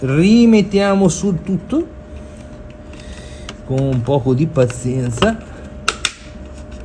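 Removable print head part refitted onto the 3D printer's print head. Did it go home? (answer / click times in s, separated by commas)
yes / 5.9 s, 6.0 s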